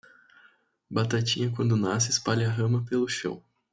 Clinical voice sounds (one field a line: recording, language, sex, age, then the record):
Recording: short text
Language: Brazilian Portuguese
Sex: male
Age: 18 to 19 years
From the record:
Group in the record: control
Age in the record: 19 years